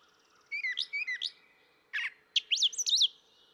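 Brown thrasher song fragment: quick slurred whistled notes, a harsh buzzy note, then a bright burst of chirps.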